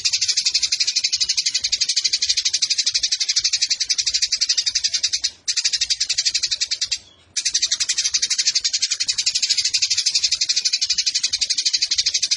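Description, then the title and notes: Eurasian tree sparrow in a dense, buzzy high chatter, a rapid pulsing run at about four beats a second, broken by two short pauses. Fighting (tarung) tree sparrow with long 'nembak' bursts and a clear voice; masteran tutor song for competition songbirds. "GEREJA TARUNG NEMBAK PANJANG SUARA JERNIH MASTERAN WAJIB BURUNG LOMBA. Burung Gereja"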